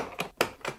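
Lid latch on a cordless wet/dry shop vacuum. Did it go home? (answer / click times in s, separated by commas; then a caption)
released / 0.4 s. The plastic lid latches on a Milwaukee M12 compact cordless wet/dry shop vacuum are being unclipped so the top can be lifted off. A sharp snap at 0.4 s marks a latch letting go, with quieter clicks around 0.2 s and 0.7 s. The latch is released.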